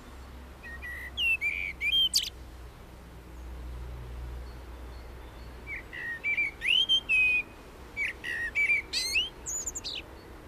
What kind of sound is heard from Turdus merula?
song